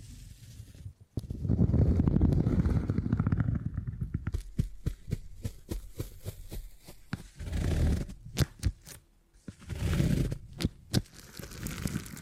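Beeswax being handled, with dense rumbling rubs from one to four seconds, then sharp crackling clicks and shorter squishy rubs returning near ten seconds.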